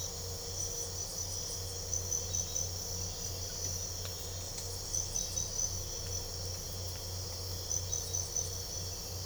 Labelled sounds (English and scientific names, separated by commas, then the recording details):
none
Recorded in pastures near Puerto Asís, Putumayo, Colombia, on 22 December 2024 at 02:00
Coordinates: 0.497, -76.327
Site G088